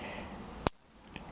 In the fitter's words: so now it snaps in place